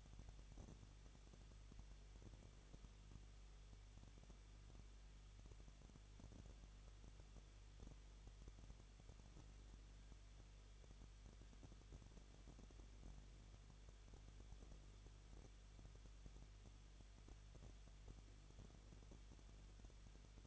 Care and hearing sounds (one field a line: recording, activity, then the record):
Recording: daily activity, microphone in the room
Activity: no activity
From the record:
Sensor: 4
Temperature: 23.0 degrees Celsius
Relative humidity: 34.3%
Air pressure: 1007.3 hPa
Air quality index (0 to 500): 213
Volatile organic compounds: 14 ppm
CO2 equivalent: 2460 ppm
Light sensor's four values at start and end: 2/3/1/1 and 2/3/1/1